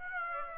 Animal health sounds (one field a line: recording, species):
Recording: mosquito wingbeat signal from an infrared sensor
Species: Aedes aegypti